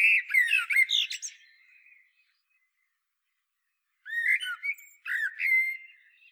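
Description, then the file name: Common blackbird song: a mellow warbled phrase with squeaky high twitters, then a pause of about two seconds before two more short warbled phrases. "Turdus merula"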